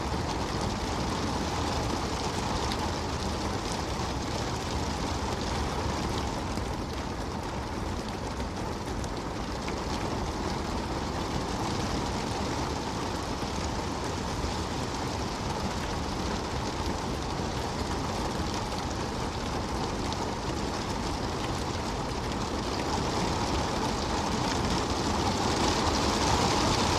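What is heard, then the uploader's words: Rain falls in a steady, dense wash of hiss over a continuous low rumble, with no breaks or distinct drops standing out. The sound stays even throughout, growing slightly louder and brighter over the last few seconds. Rainy Bliss: Experiencing the Serene Rain.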